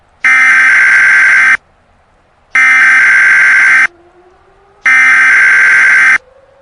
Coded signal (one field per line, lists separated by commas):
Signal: Emergency Alert System (SAME) tones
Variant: header bursts